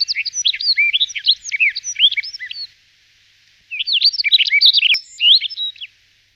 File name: Ovsyanka remez